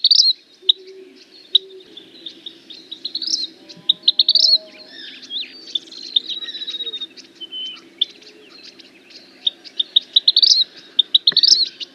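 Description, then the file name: Vermilion flycatcher song: high, sharp chips and stuttering trills repeated in bursts, with quieter twittering between and a low steady hum underneath. "Canto do passaro principe"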